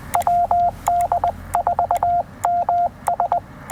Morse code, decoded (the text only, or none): WD4MS